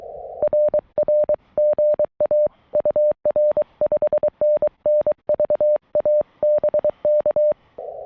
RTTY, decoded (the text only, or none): none